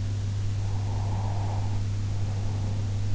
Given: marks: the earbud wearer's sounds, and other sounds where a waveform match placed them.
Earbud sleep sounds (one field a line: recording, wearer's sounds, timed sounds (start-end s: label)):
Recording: sounds in sleep by an in-ear microphone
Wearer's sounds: breath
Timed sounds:
0.80-3.06 s: breath